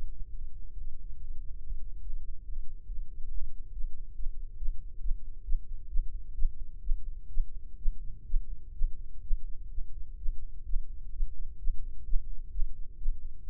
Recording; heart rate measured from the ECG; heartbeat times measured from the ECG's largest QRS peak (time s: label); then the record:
heart sounds by microphone in the right ear; 132 bpm
0.27 s: heartbeat
0.70 s: heartbeat
1.14 s: heartbeat
1.57 s: heartbeat
2.00 s: heartbeat
2.42 s: heartbeat
2.85 s: heartbeat
3.28 s: heartbeat
3.70 s: heartbeat
4.13 s: heartbeat
4.56 s: heartbeat
4.99 s: heartbeat
5.42 s: heartbeat
5.87 s: heartbeat
6.33 s: heartbeat
6.80 s: heartbeat
7.28 s: heartbeat
7.76 s: heartbeat
8.24 s: heartbeat
8.72 s: heartbeat
9.21 s: heartbeat
9.69 s: heartbeat
10.16 s: heartbeat
10.64 s: heartbeat
11.11 s: heartbeat
11.57 s: heartbeat
12.04 s: heartbeat
12.50 s: heartbeat
12.96 s: heartbeat
13.42 s: heartbeat
From the record:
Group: healthy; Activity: Valsalva maneuver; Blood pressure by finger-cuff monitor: 118/87 mmHg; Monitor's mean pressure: 93 mmHg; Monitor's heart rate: 131 bpm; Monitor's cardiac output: 8.4 L/min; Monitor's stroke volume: 65 mL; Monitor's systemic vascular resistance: 800 dyn s/cm5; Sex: female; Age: 19 years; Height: 163 cm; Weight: 51 kg